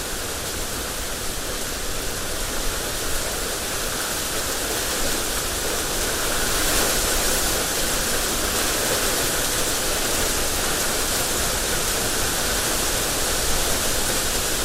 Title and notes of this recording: Summer Thunderstorm. A few minutes of rain and gentle thunder